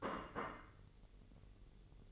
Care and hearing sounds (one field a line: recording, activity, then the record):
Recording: daily activity, microphone in the room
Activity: place plate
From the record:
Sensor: 4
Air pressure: 1002.9 hPa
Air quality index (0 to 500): 249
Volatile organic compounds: 20 ppm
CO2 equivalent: 2702 ppm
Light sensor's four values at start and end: 5/12/4/5 and 5/12/4/5